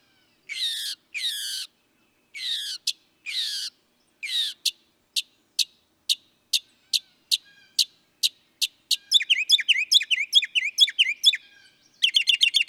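Northern mockingbird song: several harsh rasping notes, a long evenly spaced series of crisp clicks, then fast repeated looping whistled trills.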